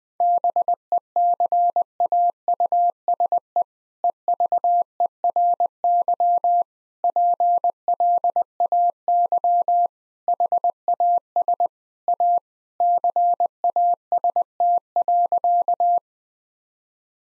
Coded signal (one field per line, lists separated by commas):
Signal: Morse code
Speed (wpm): 21 wpm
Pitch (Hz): 700 Hz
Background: none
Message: BECAUSE EVERY PLAY HAS A CAST.